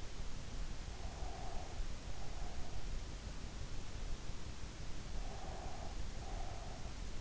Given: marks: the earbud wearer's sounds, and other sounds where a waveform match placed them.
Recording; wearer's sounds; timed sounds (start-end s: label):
sounds in sleep by an in-ear microphone; breath
0.97-2.92 s: breath
5.20-7.01 s: breath